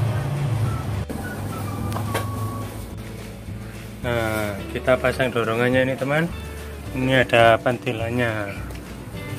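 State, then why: Not seated. The push handle with a spring pin is handled at the plastic socket of a ride-on cow toy, with someone talking over background music and a couple of brief handling knocks. Nothing has seated or clicked yet; the handle is not yet home in its socket.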